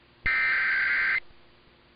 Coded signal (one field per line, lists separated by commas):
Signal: Emergency Alert System (SAME) tones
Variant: header bursts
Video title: Utah Required Monthly Tests (EAS #1240-#1241)